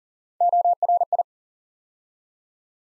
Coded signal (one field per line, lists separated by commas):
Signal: Morse code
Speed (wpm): 40 wpm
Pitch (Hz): 700 Hz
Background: none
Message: ORI